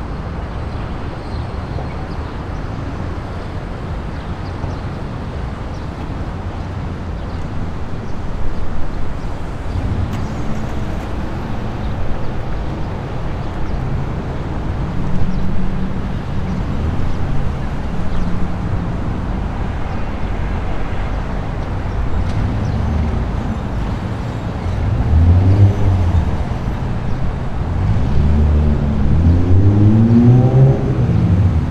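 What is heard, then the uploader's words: Soft, steady traffic rumble, with a low hum throughout and louder engine swells passing by near the end. Soft Traffic Ambience.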